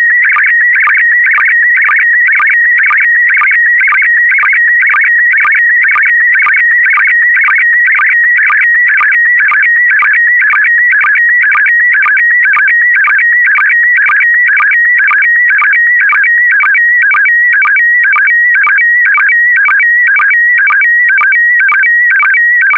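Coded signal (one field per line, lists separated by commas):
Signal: SSTV (slow-scan television)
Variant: PD120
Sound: continuous warbling electronic tone with short low sync chirps about twice a second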